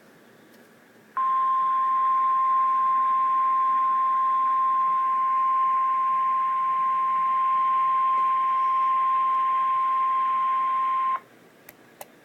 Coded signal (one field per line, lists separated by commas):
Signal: Emergency Alert System (SAME) tones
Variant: 1050 Hz attention tone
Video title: REAL EAS 524-Severe thunderstorm warning